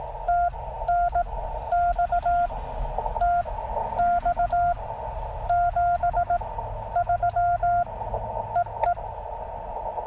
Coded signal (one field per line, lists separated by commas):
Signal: Morse code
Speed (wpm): 17 wpm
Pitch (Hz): 700 Hz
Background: none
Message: TNX TX 73 EE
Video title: A quick CW Jeep POTA Activation on 17m - US-7882 Doerun Pitcherplant Bog WMA